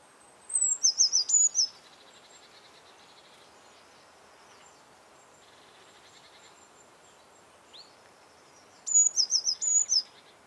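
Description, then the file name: Eurasian blue tit giving a high, thin opening note followed by a fast run of lilting, wavering notes, the phrase heard twice about eight seconds apart. "Cyanistes caeruleus"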